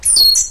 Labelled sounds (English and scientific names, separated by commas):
Stitchbird (Notiomystis cincta) song